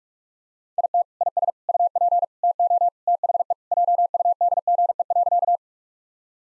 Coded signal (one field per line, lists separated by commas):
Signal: Morse code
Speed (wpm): 41 wpm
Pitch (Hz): 700 Hz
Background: none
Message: IT IS UP TO THE JUDGE.